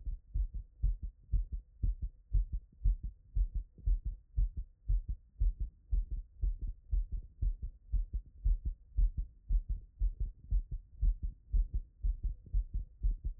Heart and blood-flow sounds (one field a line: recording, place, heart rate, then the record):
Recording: heart sounds by stethoscope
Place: Erb's point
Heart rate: 118 bpm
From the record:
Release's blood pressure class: hypertension stage 1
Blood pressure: 126/84 mmHg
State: after exercise